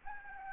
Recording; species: mosquito wingbeat signal from an infrared sensor; Anopheles arabiensis